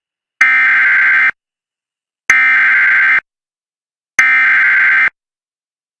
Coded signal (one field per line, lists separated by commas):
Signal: Emergency Alert System (SAME) tones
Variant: header bursts